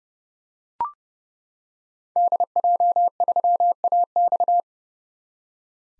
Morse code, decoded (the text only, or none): DJ3AX